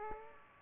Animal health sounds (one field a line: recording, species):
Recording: mosquito wingbeat signal from an infrared sensor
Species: Aedes aegypti